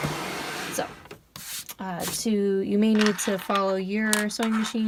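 A small lever at the back of a sewing machine's presser foot holder is lifted to release the snap-on presser foot from the shank holder, giving a sharp click at 1.4 s as the foot lets go. Someone talks afterward. The presser foot is released from the holder.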